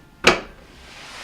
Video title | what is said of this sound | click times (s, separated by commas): Whirlpool Refrigerator Repair - Is Not Cooling - Main power Board - Diagnostics & Troubleshooting | and then just slide it straight back and then we'll hear a snap and | 0.3 s